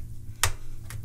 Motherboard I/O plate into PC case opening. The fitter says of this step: you kind of you got to kind of put some pressure into it you got to hear the click